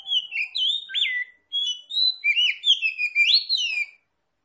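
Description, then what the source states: Oriental magpie-robin pouring out a fast series of clear, swooping whistles and rising slurs, nearly unbroken for four seconds. Local type called Kacer Tretes; described as gacor, meaning singing vigorously.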